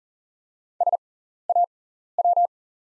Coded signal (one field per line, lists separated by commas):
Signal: Morse code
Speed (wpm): 40 wpm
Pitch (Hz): 700 Hz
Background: none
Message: SAW